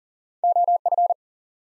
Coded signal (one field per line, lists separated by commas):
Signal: Morse code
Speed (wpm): 40 wpm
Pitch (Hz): 700 Hz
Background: none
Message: O F